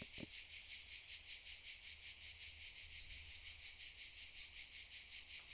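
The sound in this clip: Cicadas singing, a continuous high shrill hiss pulsing rhythmically about three times a second, with a faint low thump at the start.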